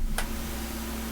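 A CZ P10F pistol, its slide pulled back against the new charging handle, is pressed into a polymer Micro Conversion Kit (MCK) chassis. One short, sharp tick-like click sounds at 0.2 s over a steady low hum. The pistol locks into the chassis and is seated.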